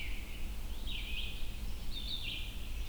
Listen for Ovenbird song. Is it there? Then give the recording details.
no. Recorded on 22 June 2016 at 05:09. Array SBT-6-76